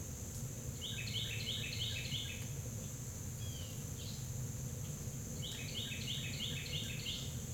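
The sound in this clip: Carolina wren singing two bursts of quick, repeated rolling phrases several seconds apart, with a continuous high-pitched whine and low background rumble throughout.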